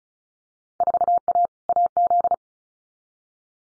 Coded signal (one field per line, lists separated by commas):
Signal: Morse code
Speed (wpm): 36 wpm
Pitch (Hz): 700 Hz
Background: none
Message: 4A AZ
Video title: Field Day Exchange 35wpm